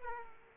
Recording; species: mosquito wingbeat signal from an infrared sensor; Aedes aegypti